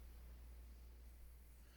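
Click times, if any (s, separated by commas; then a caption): none. A remote starter harness connector for an iDatastart unit is handled near the original wiring connector of a 2014–2018 Mazda 3. Only a quiet, steady low hum is heard, with no distinct hits. Nothing has seated or clicked yet.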